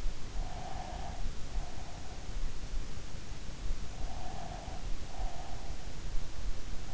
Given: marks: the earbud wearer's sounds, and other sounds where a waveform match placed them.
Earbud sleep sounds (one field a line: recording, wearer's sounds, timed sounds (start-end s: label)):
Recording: sounds in sleep by an in-ear microphone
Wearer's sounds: breath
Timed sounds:
0.32-2.32 s: breath
4.01-5.95 s: breath